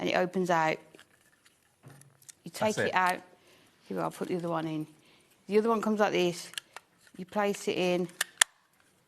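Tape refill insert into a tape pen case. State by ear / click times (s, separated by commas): seated / 8.4 s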